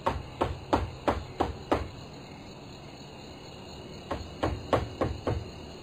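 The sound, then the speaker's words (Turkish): A burst of six sharp knocks on the door of a house in quick succession, a pause with steady insect chirring in the background, then another run of five knocks. “Çal bakalım kapıyı”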